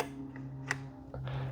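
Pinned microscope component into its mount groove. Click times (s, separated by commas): 0.7 s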